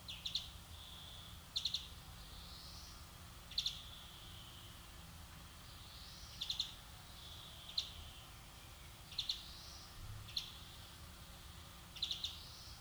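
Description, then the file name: European greenfinch giving brief rattled trill calls repeatedly, with wheezy notes between them and a constant low background hiss. "Chloris chloris"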